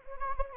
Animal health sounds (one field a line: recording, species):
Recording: mosquito wingbeat signal from an infrared sensor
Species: Anopheles gambiae